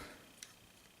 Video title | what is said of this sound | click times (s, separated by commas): KFC E.A.V.I Metal Crash Hog and Dumpyard (Not Masterpiece Wreck Gar and Junkheap) Review | panel should pop up just like that there you go you heard it click you have to be a little forceful with it | 0.4 s